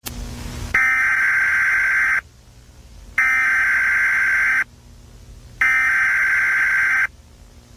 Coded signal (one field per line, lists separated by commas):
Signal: Emergency Alert System (SAME) tones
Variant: header bursts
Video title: Eas broadcast